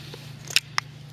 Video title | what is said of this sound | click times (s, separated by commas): Fiskers Wire Winding Kit Review and Demonstration | Make sure it clicks, | 0.6 s, 0.8 s